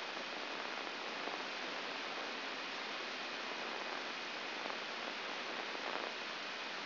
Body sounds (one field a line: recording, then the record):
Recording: brain microelectrode recording played as sound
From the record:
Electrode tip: outside the subthalamic nucleus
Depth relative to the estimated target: -6 mm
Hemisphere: right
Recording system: AlphaMap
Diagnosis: Parkinson's disease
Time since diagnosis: 10 years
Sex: female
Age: 63 years